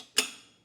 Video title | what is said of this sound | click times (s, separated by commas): etrailer - Test Fitting the Benton Shifts&Grins 2 Bike Rack - 2025 Toyota Sienna | There we go. And the button's going to pop out. That lets you know it's locked up in its upright position. | 0.2 s